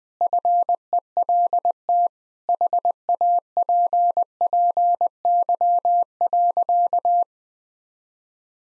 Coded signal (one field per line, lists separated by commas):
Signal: Morse code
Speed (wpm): 20 wpm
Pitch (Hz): 700 Hz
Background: none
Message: FELT HAPPY.